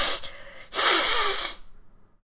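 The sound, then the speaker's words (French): A voice imitates a hissing cat: a brief breathy hiss, then a longer, loud, airy hiss lasting nearly a second before trailing off into soft breath. No words are spoken. “Ah, c'est soit un serpent, soit un chat. Je sais pas, t'imites très mal. Très clairement un chat, très clair.”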